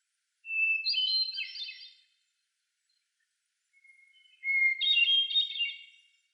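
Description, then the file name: Hermit thrush song: two phrases, each opening with a long, pure held whistle that breaks into a fluty, ethereal cascade of tumbling notes; quiet background otherwise. "John Neville - Hermit Thrush Grive Solitaire"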